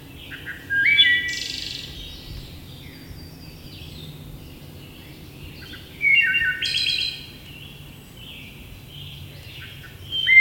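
Wood thrush song: two flute-like phrases, each a few low notes followed by a bright, higher, buzzy trill, about five seconds apart, then a third starting at the very end, over a soft steady background hiss.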